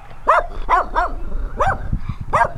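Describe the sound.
Dog barking, five sharp mid-pitched barks at irregular intervals, with a low rumbling noise underneath.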